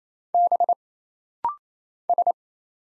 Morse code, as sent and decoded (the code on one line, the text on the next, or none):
-... / ...
B S